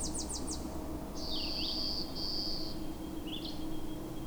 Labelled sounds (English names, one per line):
Red-eyed Vireo song